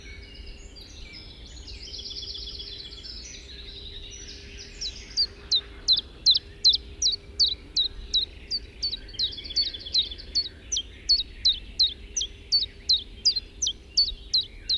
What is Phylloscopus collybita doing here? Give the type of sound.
song